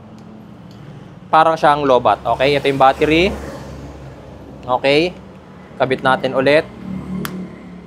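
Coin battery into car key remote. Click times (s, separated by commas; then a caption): 7.2 s. A coin battery that had been removed from a car key remote to simulate a dead remote is put back in. Someone talks, and after a pause a single sharp click at 7.2 s marks the battery or fob cover snapping back into place, seated.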